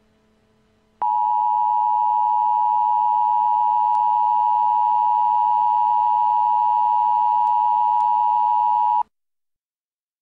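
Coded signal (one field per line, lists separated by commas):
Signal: Emergency Alert System (SAME) tones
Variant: 853 and 960 Hz attention tone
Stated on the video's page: Fallout-inspired mock emergency action notification; simulated, not real.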